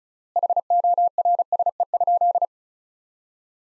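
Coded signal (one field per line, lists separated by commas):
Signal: Morse code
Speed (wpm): 34 wpm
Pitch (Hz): 700 Hz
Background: none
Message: HORSE?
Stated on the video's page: Practice sentences of the top 500 words sent at 35 wpm with 3x standard word spacing, a word-based analogue of Farnsworth spacing.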